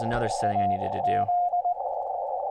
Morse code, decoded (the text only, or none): AZ